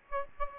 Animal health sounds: mosquito wingbeat signal from an infrared sensor; Aedes aegypti

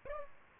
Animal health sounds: mosquito wingbeat signal from an infrared sensor; Aedes aegypti

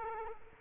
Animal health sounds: mosquito wingbeat signal from an infrared sensor; Culex quinquefasciatus

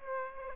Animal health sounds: mosquito wingbeat signal from an infrared sensor; Aedes aegypti

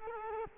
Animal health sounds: mosquito wingbeat signal from an infrared sensor; Culex quinquefasciatus

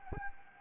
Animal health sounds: mosquito wingbeat signal from an infrared sensor; Anopheles arabiensis

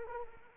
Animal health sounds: mosquito wingbeat signal from an infrared sensor; Anopheles arabiensis

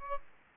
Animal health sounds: mosquito wingbeat signal from an infrared sensor; Aedes aegypti

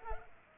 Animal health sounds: mosquito wingbeat signal from an infrared sensor; Culex pipiens

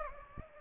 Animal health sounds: mosquito wingbeat signal from an infrared sensor; Aedes aegypti

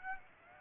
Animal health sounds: mosquito wingbeat signal from an infrared sensor; Aedes aegypti

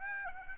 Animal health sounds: mosquito wingbeat signal from an infrared sensor; Aedes aegypti

